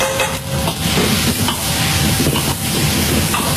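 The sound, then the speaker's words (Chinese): Fatty pork sizzles steadily as it fries in oil to render out the fat, the first step of making old Beijing zhajiang sauce in the back kitchen of the Lao She Teahouse. A loud continuous hiss is dotted with dense crackles and pops, and no one speaks. “先要把油煎出来，把那肥的肉煎出来，油煎出来。”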